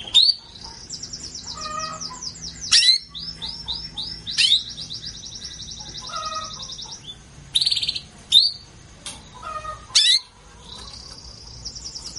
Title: Canto Para Esquentar Canário Belga. Pancingan suara kenari betina birahi untuk TERAPI KENARI MACET bunyi